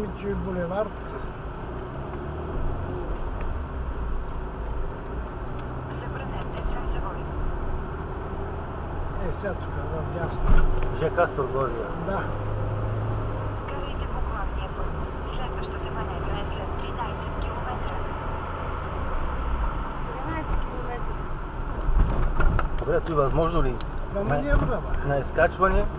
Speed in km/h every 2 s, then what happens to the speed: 14, 21, 25, 31, 36, 41, 44, 46, 49, 48, 35, 31, 28.
0-16 speeds up to 49. 18-26 slows to 28.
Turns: none.